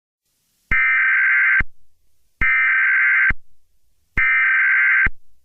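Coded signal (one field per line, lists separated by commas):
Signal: Emergency Alert System (SAME) tones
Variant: header bursts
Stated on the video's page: A remastered fictional EAS scenario, not a real alert.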